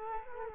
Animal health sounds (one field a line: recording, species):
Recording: mosquito wingbeat signal from an infrared sensor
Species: Culex quinquefasciatus